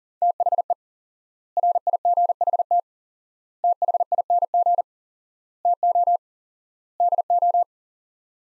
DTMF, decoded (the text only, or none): none